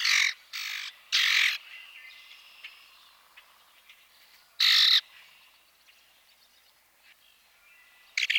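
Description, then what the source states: Common Grackle uttering harsh, metallic chacks, three close together at the start, another near the middle and a short burst at the end, with faint squeaky notes between. Male; harsh, grating vocalizations made of chack notes and a series of metallic, non-musical squeaks.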